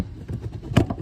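A plastic interior side kick panel on a Nissan 400Z, with its rear bolt already removed, is pulled until its retaining clips pop out of the car body, first at the bottom and then at the top. Sharp pops are heard at 0.8 s and 0.9 s, and the clips release.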